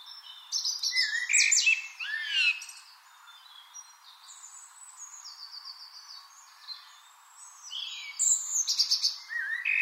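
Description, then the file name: Eurasian blackbird song with a short fluted phrase and shrill twittering ending, then quieter high whistles before another squeaky burst. "Turdus merula"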